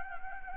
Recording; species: mosquito wingbeat signal from an infrared sensor; Anopheles gambiae